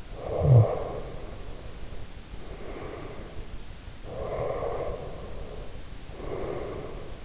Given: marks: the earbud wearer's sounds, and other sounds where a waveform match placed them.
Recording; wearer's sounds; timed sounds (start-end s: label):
sounds in sleep by an in-ear microphone; snoring breath, breath
0.09-3.46 s: snoring breath
4.00-7.25 s: breath